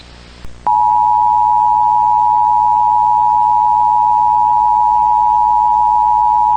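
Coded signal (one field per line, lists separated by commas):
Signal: Emergency Alert System (SAME) tones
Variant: 853 and 960 Hz attention tone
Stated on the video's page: Fictional EAS scenario in analog horror style; nothing really happened.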